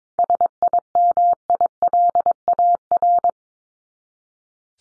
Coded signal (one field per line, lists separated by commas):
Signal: Morse code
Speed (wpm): 22 wpm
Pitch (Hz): 700 Hz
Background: none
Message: SIMILAR